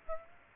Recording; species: mosquito wingbeat signal from an infrared sensor; Aedes aegypti